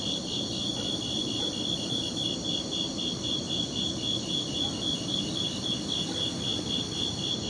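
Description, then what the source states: Crickets in a steady, rapid, high-pitched pulsing chorus that carries on throughout. Forest at night.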